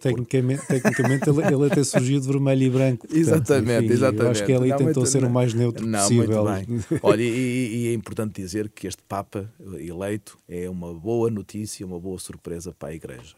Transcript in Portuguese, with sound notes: Mas, tecnicamente, ele até surgiu de vermelho e branco, portanto enfim, acho que ali tentou ser o mais neutro possível.... (risos) E é importante dizer que este Papa eleito é uma boa notícia, uma boa surpresa para a Igreja.